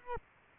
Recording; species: mosquito wingbeat signal from an infrared sensor; Culex quinquefasciatus